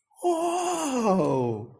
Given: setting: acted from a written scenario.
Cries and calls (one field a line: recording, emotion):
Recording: vocal sound without words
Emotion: positive surprise